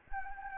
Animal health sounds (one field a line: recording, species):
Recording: mosquito wingbeat signal from an infrared sensor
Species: Anopheles gambiae